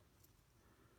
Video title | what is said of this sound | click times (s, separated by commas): Transformers The Last Knight Infernocus Review | and it kind of snaps into place and then rotate the arms down | 0.2 s